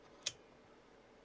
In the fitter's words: because this locks into place now you can't